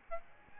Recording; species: mosquito wingbeat signal from an infrared sensor; Aedes albopictus